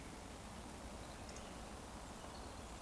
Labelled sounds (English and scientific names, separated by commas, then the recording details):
Eurasian Woodcock (Scolopax rusticola) whistle
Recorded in Baden-Württemberg, Germany, on 24 June 2020 at 19:46 UTC
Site 14569, 102 m above sea level